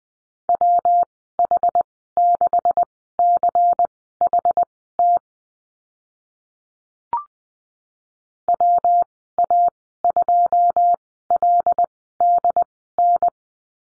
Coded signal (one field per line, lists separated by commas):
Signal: Morse code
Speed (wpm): 20 wpm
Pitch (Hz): 700 Hz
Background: none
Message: WH6CHT WA2LDN